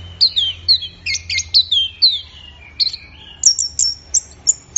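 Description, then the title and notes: Orange-headed thrush song: descending whistled slurs repeated several times, then a series of thin, very high notes. Bird in full song, called gacor in Indonesian, used for training songbirds. "Anis Merah Gacor Teler. Kumpulan Suara Burung Anis"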